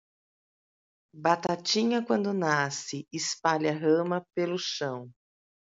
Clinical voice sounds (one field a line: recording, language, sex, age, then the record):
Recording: short text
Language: Brazilian Portuguese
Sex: female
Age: 40 to 49 years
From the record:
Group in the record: control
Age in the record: 49 years